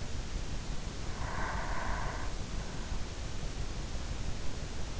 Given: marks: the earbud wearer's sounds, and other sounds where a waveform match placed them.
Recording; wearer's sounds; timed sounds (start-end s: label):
sounds in sleep by an in-ear microphone; breath
0.93-3.04 s: breath